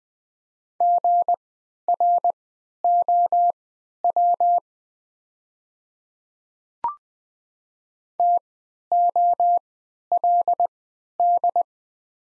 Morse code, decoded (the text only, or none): GROW TOLD